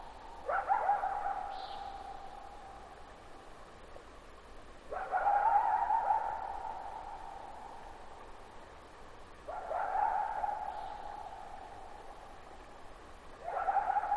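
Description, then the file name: Coyote howls repeated several seconds apart, four long held tones with quick rising onsets, occasional faint high chirps, and a constant hiss underneath. At night; possibly 22 July 2005. "jh-050722-nightcoyote"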